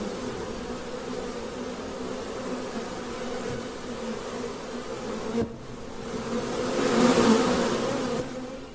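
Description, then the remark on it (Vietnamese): Steady insect buzzing drones on without a break in a deep forest, a low, even hum that swells louder toward the end. A brief thump sounds partway through, and no one speaks. “Đột nhiên trong rừng sâu vang lên những tiếng vù vù đều đặn.”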